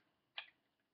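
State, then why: Seated. A homemade foam blaster turret is rotated by hand until a round-head screw drops into a countersunk divot lined up with a barrel. A single sharp click sounds at 0.4 s, with a brief tail, over a quiet background. The turret clicks into place.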